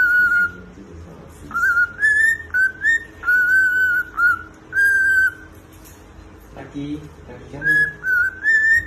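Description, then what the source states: Cockatiel whistling a tune of held, pure notes that step up and down, with a pause midway before the phrases resume. More than one cockatiel, whistling song.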